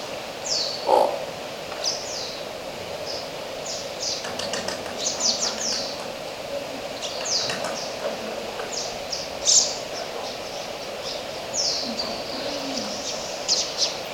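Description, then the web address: Oilbird calls: many short, high downslurred squeals overlapping, with scattered sharp clicks and a steady low hum beneath. "sound Oilbird. صدای-مرغ-روغنی"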